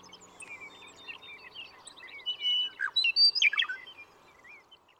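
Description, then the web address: Western meadowlark song: faint twittering at first, then loud slurred whistles dropping in pitch, followed by quick jumbled warbling notes lasting about a second. "birdsongforthecurious Western Meadowlark"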